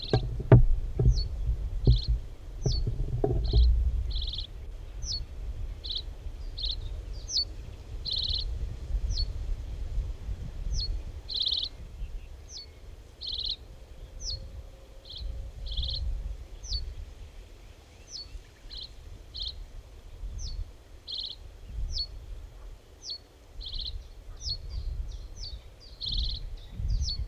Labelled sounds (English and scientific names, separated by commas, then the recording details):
Reed Bunting (Emberiza schoeniclus) song
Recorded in the wild
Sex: male
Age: adult
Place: Horn-Bad Meinberg, OT Billerbeck, Lipper Bergland, Nordrhein-Westfalen, DE
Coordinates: 51.8833, 9.03333
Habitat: pond
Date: 1970-05-19
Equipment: Uher 4000 Report-S, Bändchenmikro Beyer M 260, Parabolspiegel Polyester (470 mm)
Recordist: Conrads, Klaus